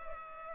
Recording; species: mosquito wingbeat signal from an infrared sensor; Culex pipiens